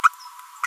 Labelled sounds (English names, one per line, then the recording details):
Green-rumped Parrotlet babbling
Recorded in a nest box in Venezuela
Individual 18B25A5